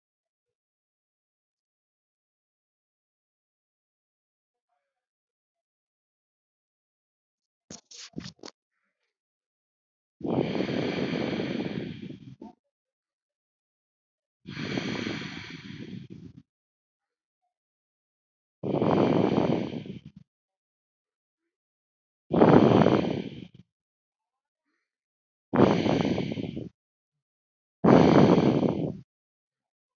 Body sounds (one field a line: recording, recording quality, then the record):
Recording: shallow breathing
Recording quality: excellent, no background noise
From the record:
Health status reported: healthy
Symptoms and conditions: none ticked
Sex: female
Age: 36 years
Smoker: not ticked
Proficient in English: yes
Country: India